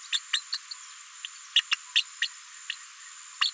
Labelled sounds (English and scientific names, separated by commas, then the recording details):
Green-rumped Parrotlet (Forpus passerinus) babbling
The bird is a female
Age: 36 days
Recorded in a nest box in Venezuela
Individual 17B73B4